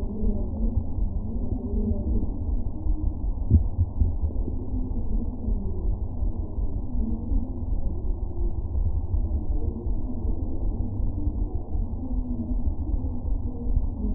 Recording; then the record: fetal heart sounds by stethoscope on the mother's abdomen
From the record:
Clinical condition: abdominal pain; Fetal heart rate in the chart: 146 bpm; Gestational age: 39 weeks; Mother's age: 27 years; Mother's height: 144 cm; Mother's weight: 83 kg